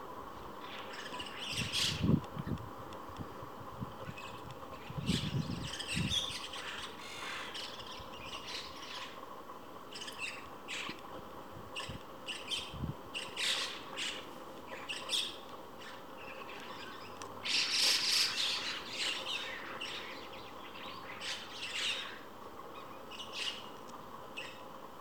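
Starling pairs lined up on a power line squabble with constant harsh squawks and chirps, louder bursts near 2, 5–6, and 18 seconds.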